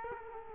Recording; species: mosquito wingbeat signal from an infrared sensor; Culex quinquefasciatus